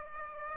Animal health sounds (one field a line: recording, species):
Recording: mosquito wingbeat signal from an infrared sensor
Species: Aedes aegypti